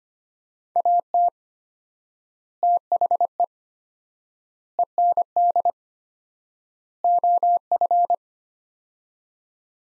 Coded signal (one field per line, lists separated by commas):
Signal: Morse code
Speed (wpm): 25 wpm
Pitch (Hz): 700 Hz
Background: none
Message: AT THE END OF